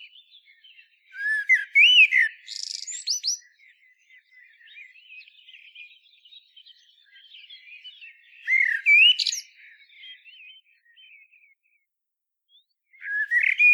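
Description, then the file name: Common blackbird song in three loud phrases of rich whistled warbling, the first two ending in a thin squeaky twitter, with quiet twittering between them. "Turdus merula"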